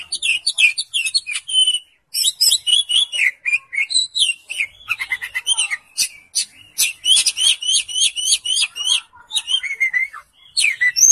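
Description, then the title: Oriental magpie-robin song of rapid, varied whistled notes and buzzy chips, delivered in long busy bursts with a short gap near two seconds and quick repeated figures later. "Kacer"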